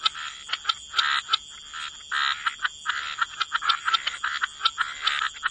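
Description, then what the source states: Frogs croaking in quick clicks and short buzzy bursts, many overlapping calls at an uneven pace, with a constant high hiss. Frog chorus.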